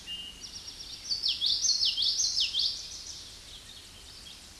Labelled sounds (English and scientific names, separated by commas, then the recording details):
Common Yellowthroat (Geothlypis trichas) song
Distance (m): 10 m
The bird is about 5 m above the microphone
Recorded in a Pennsylvania forest on 16 May 2024 at 08:07
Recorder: AudioMoth, point MSD-2061
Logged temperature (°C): 16.1 °C
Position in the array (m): 226 m, 181 m